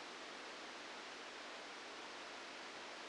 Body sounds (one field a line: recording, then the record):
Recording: brain microelectrode recording played as sound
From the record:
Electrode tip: outside the subthalamic nucleus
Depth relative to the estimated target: 1 mm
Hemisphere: left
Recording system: NeuroSet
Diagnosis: Parkinson's disease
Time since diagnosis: 9 years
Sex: female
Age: 51 years